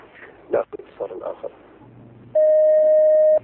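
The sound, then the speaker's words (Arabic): Brief talking gives way to a low buzzy hum, then a loud, steady telephone line tone holds for about a second at one unbroken mid pitch as another caller with a phone question connects. “اتصال آخر. نعم. السلام عليكم.”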